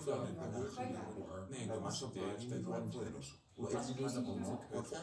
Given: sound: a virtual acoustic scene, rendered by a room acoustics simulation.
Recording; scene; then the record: noise of the scene; living room, symmetric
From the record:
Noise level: 70 dB SPL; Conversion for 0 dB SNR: 6.9 dB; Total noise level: 76.9 dB SPL